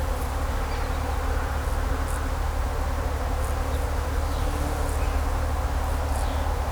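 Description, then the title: Dense buzzing of bees fills the short stretch evenly, with a few faint high bird notes and a low road hum. Bees buzzing among grapevines in vineyards at Kallstadt, Germany, in rural countryside, with birds singing and road traffic noise in the background. "In Kallstadt summen die Bienen"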